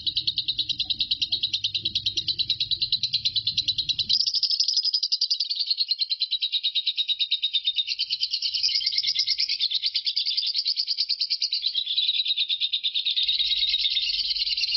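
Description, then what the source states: Lovebird keeps up a sustained high, rattling chatter whose pulses shift slightly in pitch. A faint low rumble is present in the first seconds. Lovebird Marco performing ngekek; the ngekek recording lasts 5 minutes 25 seconds.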